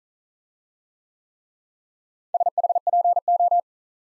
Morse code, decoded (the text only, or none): SHPO